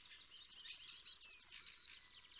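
Eurasian blue tit song: one short burst of thin, high phrases, each two higher notes dropping to two lower ones, given twice.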